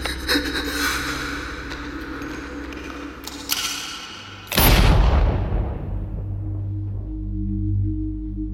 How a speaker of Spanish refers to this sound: El disparo me dejé caer como si esa bala hubiera atravesado mi cabeza.